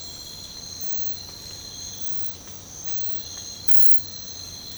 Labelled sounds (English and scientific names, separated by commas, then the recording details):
none
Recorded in secondary vegetation near Puerto Asís, Putumayo, Colombia, on 22 December 2024 at 04:30
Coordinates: 0.499, -76.323
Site G010